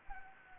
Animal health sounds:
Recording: mosquito wingbeat signal from an infrared sensor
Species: Anopheles arabiensis

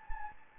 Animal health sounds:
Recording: mosquito wingbeat signal from an infrared sensor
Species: Anopheles gambiae

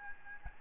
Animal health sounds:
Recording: mosquito wingbeat signal from an infrared sensor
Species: Aedes albopictus

